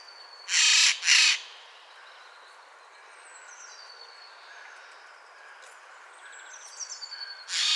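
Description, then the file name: Eurasian jay giving harsh, rasping screeches, two quick bursts early on and another at the end, with faint thin whistles in between. "Garrulus glandarius"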